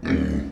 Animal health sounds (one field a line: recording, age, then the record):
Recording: pig call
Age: growing-finishing pig (85 days or more)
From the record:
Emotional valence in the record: negative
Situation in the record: barren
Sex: female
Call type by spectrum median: low-frequency call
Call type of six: low-frequency modulated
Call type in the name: low-frequency modulated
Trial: 1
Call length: 0.52 s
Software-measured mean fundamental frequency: 41 Hz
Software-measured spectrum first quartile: 175 Hz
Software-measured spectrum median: 277 Hz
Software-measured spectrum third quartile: 623 Hz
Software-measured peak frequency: 263 Hz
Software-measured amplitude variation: 161 dB a second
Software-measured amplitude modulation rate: 31.9 a second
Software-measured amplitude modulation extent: 5.0 dB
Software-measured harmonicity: -0.4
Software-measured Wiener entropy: -0.87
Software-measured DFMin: 941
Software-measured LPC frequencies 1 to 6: 290, 1716, 2252, 3114, 3867, 4491 Hz